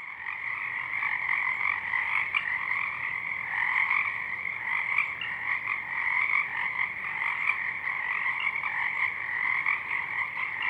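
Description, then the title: Many Pacific chorus frogs croaking together, their ribbeting calls overlapping into an unbroken, pulsing chorus throughout. Many frogs calling at dusk, out in full bloom; downmixed to stereo from a double mid-side recording. "Pacific Chorus Frogs (Pseudacris regilla), dusk"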